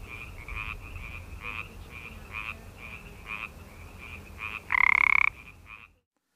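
Pacific tree frogs calling in a dense chorus, many short raspy notes in quick succession, one loud nearer croak near the end, then silence.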